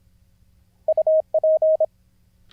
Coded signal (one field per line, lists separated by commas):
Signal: Morse code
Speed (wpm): 26 wpm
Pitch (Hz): 630 Hz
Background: none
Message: UP